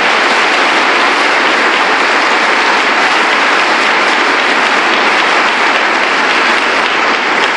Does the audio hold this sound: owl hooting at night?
no